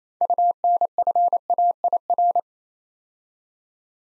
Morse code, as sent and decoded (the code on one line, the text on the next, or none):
..- -. ..-. .- .. .-.
UNFAIR